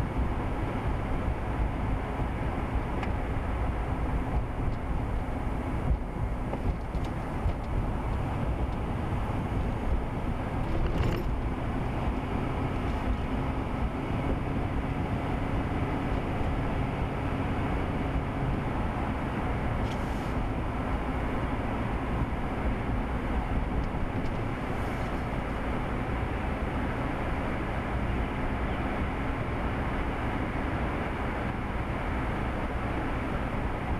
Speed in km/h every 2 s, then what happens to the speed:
60, 55, 50, 50, 50, 53, 56, 58, 60, 60, 61, 63, 63, 64, 66, 64, 63.
0-4 slows to 50. 8-20 speeds up to 61. 20-34 steady at about 63.